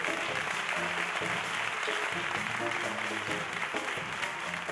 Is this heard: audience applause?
yes